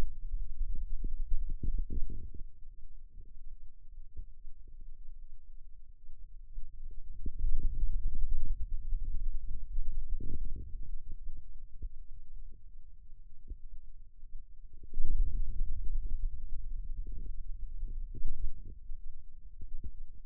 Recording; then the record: forearm muscle sounds (acoustic myography)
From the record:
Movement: radial deviation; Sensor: system 2, bracelet of six BSWA MPA416 microphones around the upper forearm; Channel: 1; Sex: male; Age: 22 years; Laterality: right